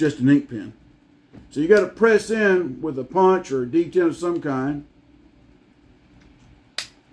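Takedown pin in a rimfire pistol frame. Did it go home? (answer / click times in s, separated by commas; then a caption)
released / 6.8 s. Someone talks, then presses the takedown pin of an S&W M&P 22 Magnum rimfire pistol frame with a punch or ink pen tip to disassemble the gun. After a quiet pause, a single sharp pop at 6.8 s marks the pin popping out of the frame, released.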